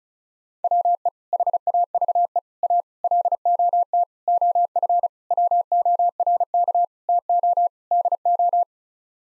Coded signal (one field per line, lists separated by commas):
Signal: Morse code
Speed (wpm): 36 wpm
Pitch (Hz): 700 Hz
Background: none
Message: WE HAVE A LOT OF WORK TO DO